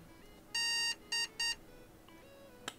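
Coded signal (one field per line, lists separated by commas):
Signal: beep code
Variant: PC POST beeps (game)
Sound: one long buzzy beep followed by two short beeps, then faint game tones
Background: faint game music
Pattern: 1 long, 2 short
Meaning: In the game, this pattern indicates a power supply fault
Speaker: he doing one beat then two beeps that was power supply wasn't it yeah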